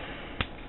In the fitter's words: just snaps right in and